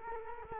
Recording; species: mosquito wingbeat signal from an infrared sensor; Culex quinquefasciatus